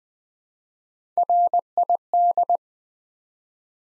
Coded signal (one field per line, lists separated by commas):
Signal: Morse code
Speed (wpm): 20 wpm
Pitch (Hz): 700 Hz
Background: none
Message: RID